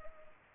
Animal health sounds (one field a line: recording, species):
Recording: mosquito wingbeat signal from an infrared sensor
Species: Culex pipiens